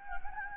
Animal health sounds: mosquito wingbeat signal from an infrared sensor; Anopheles gambiae

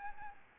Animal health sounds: mosquito wingbeat signal from an infrared sensor; Aedes albopictus

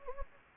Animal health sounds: mosquito wingbeat signal from an infrared sensor; Anopheles gambiae

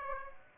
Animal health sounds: mosquito wingbeat signal from an infrared sensor; Aedes aegypti

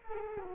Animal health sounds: mosquito wingbeat signal from an infrared sensor; Culex quinquefasciatus

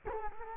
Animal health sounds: mosquito wingbeat signal from an infrared sensor; Culex quinquefasciatus

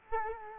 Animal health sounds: mosquito wingbeat signal from an infrared sensor; Culex quinquefasciatus

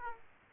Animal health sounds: mosquito wingbeat signal from an infrared sensor; Aedes aegypti

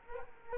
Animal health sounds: mosquito wingbeat signal from an infrared sensor; Culex quinquefasciatus

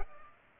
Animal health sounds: mosquito wingbeat signal from an infrared sensor; Culex pipiens

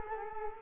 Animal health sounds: mosquito wingbeat signal from an infrared sensor; Culex quinquefasciatus

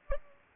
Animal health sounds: mosquito wingbeat signal from an infrared sensor; Culex pipiens

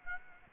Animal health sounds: mosquito wingbeat signal from an infrared sensor; Aedes aegypti

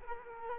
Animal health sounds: mosquito wingbeat signal from an infrared sensor; Culex quinquefasciatus

